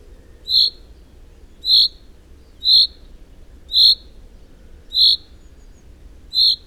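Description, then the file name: Common chaffinch repeating a loud, clear 'pink' call six times, about once a second, over a steady low background hiss. "Fringilla coelebs"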